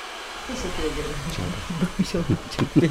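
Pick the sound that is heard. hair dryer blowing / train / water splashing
hair dryer blowing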